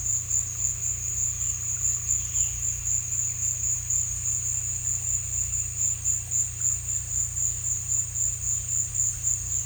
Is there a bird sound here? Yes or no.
no